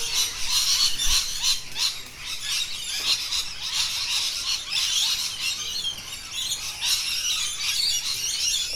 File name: Rainbow Lorikeet call